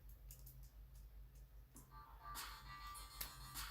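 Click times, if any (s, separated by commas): 3.2 s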